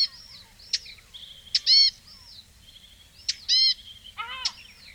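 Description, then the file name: Eurasian blackcap giving sharp ticking calls, interspersed with louder nasal, harmonic calls and thin buzzy trills. "Sylvia atricapilla"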